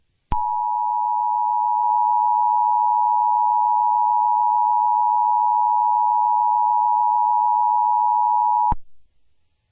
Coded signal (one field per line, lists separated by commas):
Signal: Emergency Alert System (SAME) tones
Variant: 853 and 960 Hz attention tone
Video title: EAS Scenario - The Jellyfish